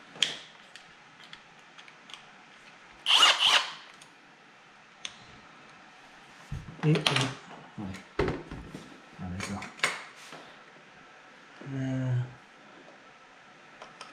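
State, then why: Not seated. A plastic part is being fitted into the chassis of a Traxxas X-Maxx RC monster truck during assembly. Sharp ticks and clicks of handling sound throughout, with brief bursts of rustling and a short whirring buzz near the end, while someone talks. Nothing has seated or clicked into place yet.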